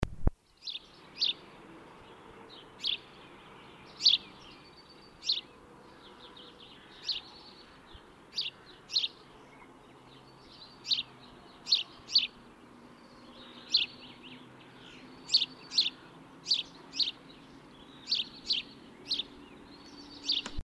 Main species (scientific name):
Passer domesticus